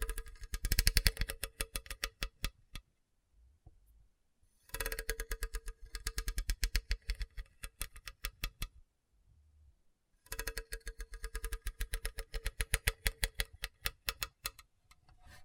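Scratching over a hard, bumpy surface comes in three bursts, each a rapid run of sharp, bright clicks and rasps lasting several seconds. Short silent pauses separate the bursts, around three and eight seconds, and the strokes thin out toward each burst's end.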